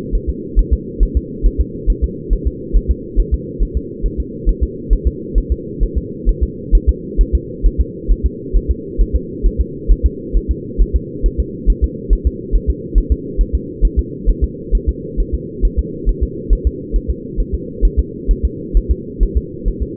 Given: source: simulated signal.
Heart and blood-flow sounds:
fetal heart sounds
0.15 s: S1
0.29 s: S2
0.59 s: S1
0.73 s: S2
1.03 s: S1
1.17 s: S2
1.46 s: S1
1.61 s: S2
1.90 s: S1
2.04 s: S2
2.33 s: S1
2.47 s: S2
2.76 s: S1
2.91 s: S2
3.19 s: S1
3.34 s: S2
3.62 s: S1
3.77 s: S2
4.06 s: S1
4.20 s: S2
4.49 s: S1
4.63 s: S2
4.93 s: S1
5.07 s: S2
5.38 s: S1
5.52 s: S2
5.83 s: S1
5.97 s: S2
6.29 s: S1
6.43 s: S2
6.75 s: S1
6.89 s: S2
7.21 s: S1
7.35 s: S2
7.66 s: S1
7.80 s: S2
8.11 s: S1
8.26 s: S2
8.57 s: S1
8.71 s: S2
9.01 s: S1
9.16 s: S2
9.46 s: S1
9.61 s: S2
9.92 s: S1
10.06 s: S2
10.37 s: S1
10.51 s: S2
10.82 s: S1
10.96 s: S2
11.26 s: S1
11.40 s: S2
11.70 s: S1
11.84 s: S2
12.13 s: S1
12.27 s: S2
12.55 s: S1
12.70 s: S2
12.98 s: S1
13.12 s: S2
13.41 s: S1
13.55 s: S2
13.85 s: S1
13.99 s: S2
14.29 s: S1
14.44 s: S2
14.75 s: S1
14.89 s: S2
15.20 s: S1
15.34 s: S2
15.65 s: S1
15.79 s: S2
16.09 s: S1
16.23 s: S2
16.53 s: S1
16.67 s: S2
16.96 s: S1
17.10 s: S2
17.40 s: S1
17.54 s: S2
17.85 s: S1
17.99 s: S2
18.31 s: S1
18.45 s: S2
18.77 s: S1
18.91 s: S2
19.23 s: S1
19.37 s: S2
19.68 s: S1
19.82 s: S2
From the record:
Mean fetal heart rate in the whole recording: 135 bpm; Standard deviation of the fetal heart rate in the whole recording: 3 bpm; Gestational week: 36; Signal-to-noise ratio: -4.1 dB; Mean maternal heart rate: no maternal heart sound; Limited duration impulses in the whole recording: absent

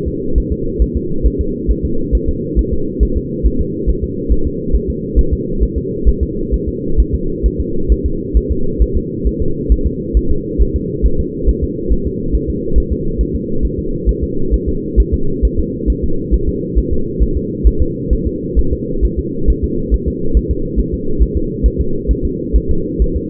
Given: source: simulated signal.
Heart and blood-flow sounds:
fetal heart sounds
0.08 s: S2
0.38 s: S1
0.52 s: S2
0.82 s: S1
0.97 s: S2
1.26 s: S1
1.41 s: S2
1.71 s: S1
1.85 s: S2
2.15 s: S1
2.29 s: S2
2.59 s: S1
2.73 s: S2
3.03 s: S1
3.17 s: S2
3.47 s: S1
3.61 s: S2
3.90 s: S1
4.04 s: S2
4.32 s: S1
4.47 s: S2
4.75 s: S1
4.90 s: S2
5.19 s: S1
5.33 s: S2
5.63 s: S1
5.78 s: S2
6.09 s: S1
6.23 s: S2
6.54 s: S1
6.69 s: S2
7.00 s: S1
7.15 s: S2
7.46 s: S1
7.60 s: S2
7.92 s: S1
8.06 s: S2
8.37 s: S1
8.51 s: S2
8.82 s: S1
8.97 s: S2
9.27 s: S1
9.42 s: S2
9.72 s: S1
9.87 s: S2
10.17 s: S1
10.31 s: S2
10.61 s: S1
10.76 s: S2
11.06 s: S1
11.20 s: S2
11.49 s: S1
11.64 s: S2
11.92 s: S1
12.07 s: S2
12.35 s: S1
12.50 s: S2
12.78 s: S1
12.92 s: S2
13.21 s: S1
13.35 s: S2
13.65 s: S1
13.79 s: S2
14.09 s: S1
14.23 s: S2
14.54 s: S1
14.68 s: S2
15.00 s: S1
15.14 s: S2
15.45 s: S1
15.59 s: S2
15.90 s: S1
16.04 s: S2
16.34 s: S1
16.49 s: S2
16.78 s: S1
16.93 s: S2
17.23 s: S1
17.37 s: S2
17.67 s: S1
17.82 s: S2
18.13 s: S1
18.27 s: S2
18.59 s: S1
18.73 s: S2
19.05 s: S1
19.19 s: S2
19.50 s: S1
19.64 s: S2
19.94 s: S1
20.08 s: S2
20.37 s: S1
20.51 s: S2
20.80 s: S1
20.94 s: S2
21.22 s: S1
21.37 s: S2
21.66 s: S1
21.80 s: S2
22.11 s: S1
22.25 s: S2
22.56 s: S1
22.71 s: S2
23.02 s: S1
23.16 s: S2
From the record:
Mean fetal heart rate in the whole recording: 135 bpm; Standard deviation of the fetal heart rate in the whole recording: 3 bpm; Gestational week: 34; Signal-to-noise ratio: -8.1 dB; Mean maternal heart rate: 72 bpm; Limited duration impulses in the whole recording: absent

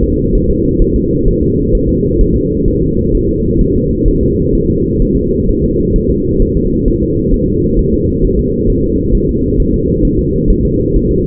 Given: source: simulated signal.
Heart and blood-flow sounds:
fetal heart sounds
0.04 s: S2
0.35 s: S1
0.50 s: S2
0.82 s: S1
0.96 s: S2
1.28 s: S1
1.43 s: S2
1.75 s: S1
1.89 s: S2
2.21 s: S1
2.36 s: S2
2.68 s: S1
2.82 s: S2
3.15 s: S1
3.29 s: S2
3.61 s: S1
3.76 s: S2
4.08 s: S1
4.23 s: S2
4.55 s: S1
4.70 s: S2
5.02 s: S1
5.17 s: S2
5.49 s: S1
5.64 s: S2
5.96 s: S1
6.10 s: S2
6.42 s: S1
6.57 s: S2
6.88 s: S1
7.03 s: S2
7.34 s: S1
7.48 s: S2
7.79 s: S1
7.94 s: S2
8.25 s: S1
8.39 s: S2
8.70 s: S1
8.84 s: S2
9.15 s: S1
9.29 s: S2
9.60 s: S1
9.74 s: S2
10.05 s: S1
10.19 s: S2
10.50 s: S1
10.65 s: S2
10.96 s: S1
11.11 s: S2
From the record:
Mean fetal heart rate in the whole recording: 130 bpm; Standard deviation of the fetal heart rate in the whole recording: 4 bpm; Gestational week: 38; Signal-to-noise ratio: -10.2 dB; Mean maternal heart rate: 72 bpm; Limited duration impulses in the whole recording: present

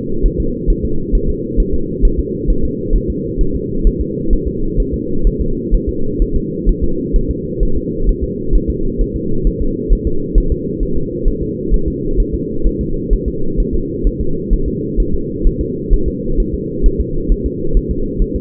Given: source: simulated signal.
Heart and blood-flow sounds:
fetal heart sounds
0.26 s: S1
0.40 s: S2
0.70 s: S1
0.85 s: S2
1.15 s: S1
1.30 s: S2
1.60 s: S1
1.74 s: S2
2.05 s: S1
2.19 s: S2
2.50 s: S1
2.65 s: S2
2.96 s: S1
3.10 s: S2
3.41 s: S1
3.56 s: S2
3.87 s: S1
4.01 s: S2
4.33 s: S1
4.48 s: S2
4.80 s: S1
4.94 s: S2
5.27 s: S1
5.41 s: S2
5.74 s: S1
5.89 s: S2
6.22 s: S1
6.36 s: S2
6.69 s: S1
6.84 s: S2
7.16 s: S1
7.31 s: S2
7.63 s: S1
7.77 s: S2
8.09 s: S1
8.24 s: S2
8.55 s: S1
8.70 s: S2
9.01 s: S1
9.16 s: S2
9.47 s: S1
9.62 s: S2
9.93 s: S1
10.07 s: S2
10.38 s: S1
10.52 s: S2
10.83 s: S1
10.97 s: S2
11.28 s: S1
11.43 s: S2
11.74 s: S1
11.88 s: S2
12.20 s: S1
12.34 s: S2
12.67 s: S1
12.81 s: S2
13.13 s: S1
13.28 s: S2
13.60 s: S1
13.75 s: S2
14.07 s: S1
14.21 s: S2
14.53 s: S1
14.68 s: S2
15.00 s: S1
15.14 s: S2
15.47 s: S1
15.61 s: S2
15.93 s: S1
16.08 s: S2
16.40 s: S1
16.54 s: S2
16.86 s: S1
17.01 s: S2
17.32 s: S1
17.46 s: S2
17.77 s: S1
17.91 s: S2
18.22 s: S1
18.36 s: S2
From the record:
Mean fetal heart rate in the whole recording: 130 bpm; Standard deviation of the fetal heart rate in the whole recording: 2 bpm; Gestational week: 38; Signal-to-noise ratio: -8.1 dB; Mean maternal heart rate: 72 bpm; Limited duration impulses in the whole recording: absent

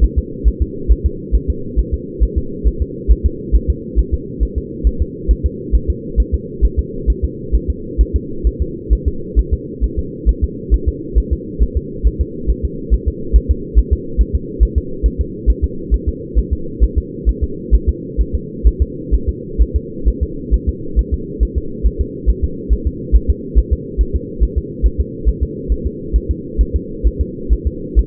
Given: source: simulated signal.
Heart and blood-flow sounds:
fetal heart sounds
0.04 s: S1
0.18 s: S2
0.48 s: S1
0.62 s: S2
0.92 s: S1
1.06 s: S2
1.35 s: S1
1.50 s: S2
1.79 s: S1
1.94 s: S2
2.23 s: S1
2.38 s: S2
2.67 s: S1
2.82 s: S2
3.11 s: S1
3.26 s: S2
3.55 s: S1
3.70 s: S2
3.99 s: S1
4.14 s: S2
4.43 s: S1
4.58 s: S2
4.87 s: S1
5.02 s: S2
5.31 s: S1
5.46 s: S2
5.75 s: S1
5.90 s: S2
6.20 s: S1
6.34 s: S2
6.65 s: S1
6.79 s: S2
7.10 s: S1
7.24 s: S2
7.55 s: S1
7.70 s: S2
8.01 s: S1
8.16 s: S2
8.47 s: S1
8.62 s: S2
8.93 s: S1
9.08 s: S2
9.39 s: S1
9.53 s: S2
9.84 s: S1
9.99 s: S2
10.29 s: S1
10.44 s: S2
10.74 s: S1
10.89 s: S2
11.18 s: S1
11.33 s: S2
11.63 s: S1
11.77 s: S2
12.07 s: S1
12.21 s: S2
12.50 s: S1
12.65 s: S2
12.94 s: S1
13.08 s: S2
13.36 s: S1
13.51 s: S2
13.79 s: S1
13.93 s: S2
14.21 s: S1
14.35 s: S2
14.63 s: S1
14.78 s: S2
15.06 s: S1
15.21 s: S2
15.50 s: S1
15.64 s: S2
15.94 s: S1
16.09 s: S2
16.39 s: S1
16.53 s: S2
16.84 s: S1
16.98 s: S2
17.29 s: S1
17.44 s: S2
17.75 s: S1
17.89 s: S2
18.21 s: S1
18.35 s: S2
18.67 s: S1
18.82 s: S2
19.14 s: S1
19.29 s: S2
19.62 s: S1
19.76 s: S2
20.08 s: S1
20.23 s: S2
20.54 s: S1
20.69 s: S2
20.99 s: S1
21.14 s: S2
21.43 s: S1
21.58 s: S2
21.86 s: S1
22.01 s: S2
22.30 s: S1
22.44 s: S2
22.73 s: S1
22.87 s: S2
23.16 s: S1
23.30 s: S2
23.58 s: S1
23.73 s: S2
24.01 s: S1
24.16 s: S2
24.43 s: S1
24.58 s: S2
24.86 s: S1
25.00 s: S2
25.29 s: S1
25.43 s: S2
25.72 s: S1
25.87 s: S2
26.16 s: S1
26.31 s: S2
26.61 s: S1
26.76 s: S2
27.07 s: S1
27.21 s: S2
27.53 s: S1
27.67 s: S2
27.99 s: S1
From the record:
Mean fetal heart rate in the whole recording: 135 bpm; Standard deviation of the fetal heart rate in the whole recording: 3 bpm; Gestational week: 34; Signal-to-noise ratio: -4.3 dB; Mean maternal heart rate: 72 bpm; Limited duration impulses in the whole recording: absent

